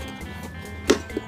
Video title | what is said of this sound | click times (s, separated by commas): ใส่ไฟโปรเจคเตอร์ยังไง??? ไม่ให้ไฟสูง | โอเคตอนนี้มันหลุดจากล็อคหมดแล้วนะครับหลุด | 0.9 s